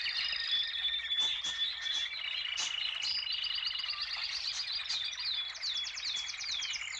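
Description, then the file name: Canary delivering a dense, high trilling song with rapid repeated notes, sliding whistles and quick chirped phrases without pause. "kanarienvögel"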